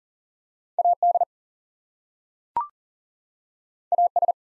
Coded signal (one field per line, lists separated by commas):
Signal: Morse code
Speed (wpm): 40 wpm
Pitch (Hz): 700 Hz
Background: none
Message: AD AS